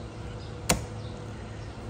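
A quick-connect air conditioning line fitting is pushed onto a port in the engine bay of a 2015–2018 Jeep Renegade. A single sharp click is heard at 0.7 s against a low steady hum. The fitting is seated.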